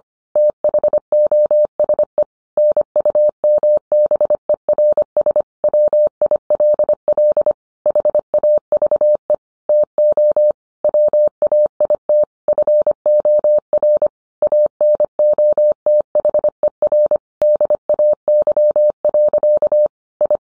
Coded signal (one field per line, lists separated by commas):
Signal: Morse code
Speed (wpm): 25 wpm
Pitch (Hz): 600 Hz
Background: none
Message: THOSE NUMBERS WILL HAVE TO WAIT FOR ANOTHER DAY. I